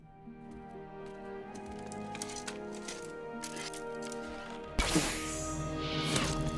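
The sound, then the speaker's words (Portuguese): An arrow strikes a wall with a single sharp, cracking impact partway through, cutting over a steady humming tone and followed by a rough, noisy wash. “Atirar uma flecha numa parede não me parece nem um pouco...”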